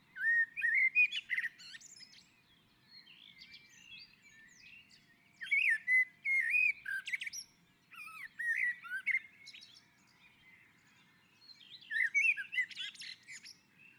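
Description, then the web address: Common blackbird singing mellow whistled phrases with squeaky, scratchy endings, four bursts spaced a few seconds apart. On a roof. "Naturinspelningar Koltrast på taket"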